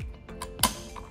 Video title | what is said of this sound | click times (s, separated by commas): Yakima SkyRise Overlanding Tent ⛺️ on Rivian R1T Truck Bed with Factory CrossBars - How to Install | hear that click and they are unlocked and ready to go | 0.6 s